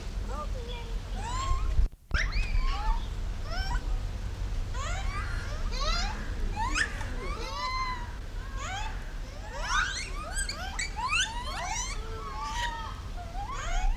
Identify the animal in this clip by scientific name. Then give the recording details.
Macaca fuscata. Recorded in captivity. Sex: diverse. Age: diverse. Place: Zoo Berlin, Berlin, DE. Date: 1994-07-16. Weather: sonnig, 22-26°C. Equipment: Marantz CP 430, Sennheiser ME 80, Kopie Uher Variocord 263. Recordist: Tembrock, Günter